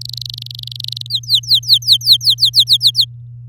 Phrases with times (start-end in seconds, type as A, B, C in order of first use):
0.01-1.07 A, 1.10-3.05 B